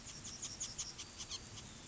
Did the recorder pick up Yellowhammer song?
yes